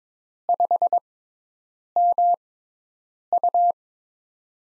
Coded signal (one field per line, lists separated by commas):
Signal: Morse code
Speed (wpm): 22 wpm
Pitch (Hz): 700 Hz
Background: none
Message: 5MU